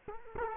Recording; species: mosquito wingbeat signal from an infrared sensor; Culex quinquefasciatus